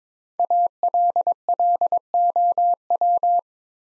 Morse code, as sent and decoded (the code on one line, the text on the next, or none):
.- .-.. .-.. --- .--
ALLOW